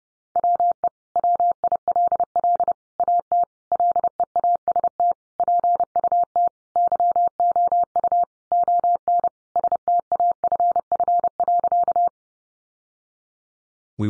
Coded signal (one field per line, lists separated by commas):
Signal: Morse code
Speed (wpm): 30 wpm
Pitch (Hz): 700 Hz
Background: none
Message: WE WILL AT LEAST PUT YOU ON STAFF.